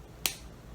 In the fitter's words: até ouvirmos esse estalo tá travado